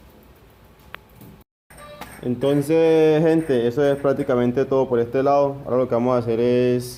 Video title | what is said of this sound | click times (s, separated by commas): Reparando CADENA #bicicleta con cierre rápido (Empate, Enlace) | ich stelle sicher, dass sie vollständig eingerastet ist, | 0.9 s